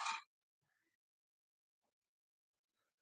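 During a PlayStation 2 console repair, a plastic part is handled against the console housing before being pressed in. A short loud burst opens the clip, followed by faint soft handling noises and near silence, with a sudden loud sound cut off at the very end. Nothing has seated or clicked yet.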